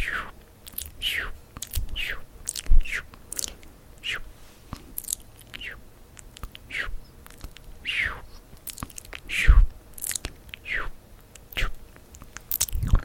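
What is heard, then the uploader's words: Wet mouth sounds repeat in quick, irregular bursts, each a short clicking or smacking sound that sweeps downward in pitch, roughly every half second to second. Sharp little crackles and soft breathy sounds fill the gaps over a low, quiet hum. ASMR Mouth Sounds and Tracing your Face.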